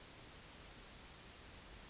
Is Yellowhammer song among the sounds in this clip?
no